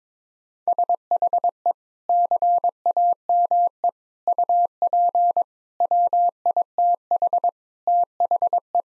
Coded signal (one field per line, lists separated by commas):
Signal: Morse code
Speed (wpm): 22 wpm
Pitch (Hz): 700 Hz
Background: none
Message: SHE CAME UP WITH THE